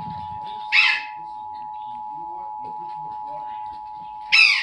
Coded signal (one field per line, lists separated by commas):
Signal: Emergency Alert System (SAME) tones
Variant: 853 and 960 Hz attention tone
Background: speech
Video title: National EAS test 8/7/19 fail?